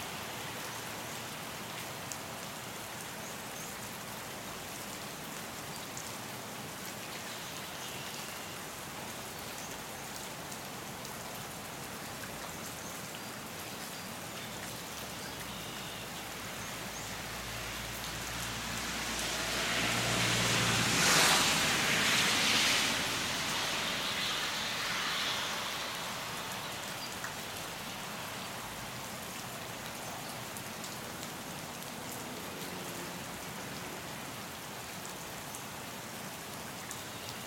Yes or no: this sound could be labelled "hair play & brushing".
no